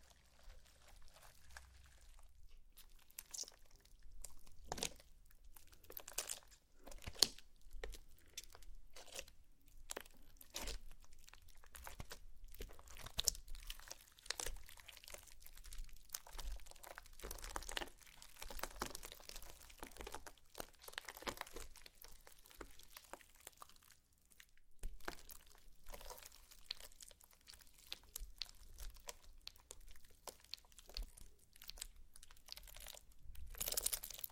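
Slime being handled, with dense, irregular crackling and squishing clicks running through the whole stretch. The pops come in quick clusters with brief quieter gaps, around 2, 24 and 27 seconds, and a low steady rumble sits underneath throughout.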